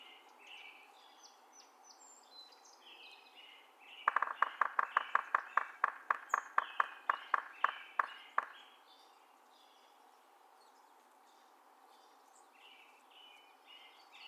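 Yellow-bellied Sapsucker drumming: a burst of sharp knocks lasting about four seconds, irregularly spaced and slowing toward the end, with thin chirps from other birds before and after.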